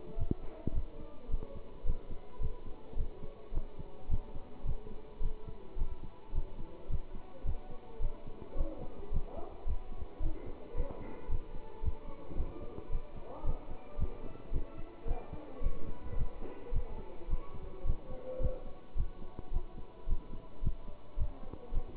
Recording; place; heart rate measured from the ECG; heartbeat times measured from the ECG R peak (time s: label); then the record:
heart sounds by stethoscope; between the tricuspid and mitral areas; 109 bpm
0.16 s: heartbeat
0.73 s: heartbeat
1.29 s: heartbeat
1.84 s: heartbeat
2.39 s: heartbeat
2.96 s: heartbeat
3.52 s: heartbeat
4.08 s: heartbeat
4.64 s: heartbeat
5.20 s: heartbeat
5.76 s: heartbeat
6.33 s: heartbeat
6.88 s: heartbeat
7.44 s: heartbeat
8.00 s: heartbeat
8.55 s: heartbeat
9.11 s: heartbeat
9.65 s: heartbeat
10.20 s: heartbeat
10.75 s: heartbeat
11.28 s: heartbeat
11.82 s: heartbeat
12.36 s: heartbeat
12.90 s: heartbeat
13.44 s: heartbeat
13.97 s: heartbeat
14.51 s: heartbeat
15.06 s: heartbeat
15.61 s: heartbeat
16.16 s: heartbeat
16.72 s: heartbeat
17.28 s: heartbeat
17.84 s: heartbeat
18.39 s: heartbeat
18.95 s: heartbeat
19.51 s: heartbeat
20.07 s: heartbeat
20.62 s: heartbeat
21.17 s: heartbeat
21.72 s: heartbeat
From the record:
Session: pedaling a stationary bicycle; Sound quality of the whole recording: good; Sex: male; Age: 27 years